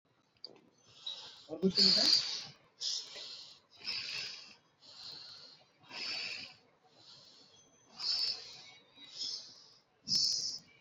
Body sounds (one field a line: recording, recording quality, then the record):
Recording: shallow breathing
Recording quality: excellent, no background noise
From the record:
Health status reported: exposed to COVID-19, no respiratory illness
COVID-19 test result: not tested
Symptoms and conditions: cough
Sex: female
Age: 28 years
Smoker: not ticked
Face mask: not worn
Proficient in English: yes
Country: India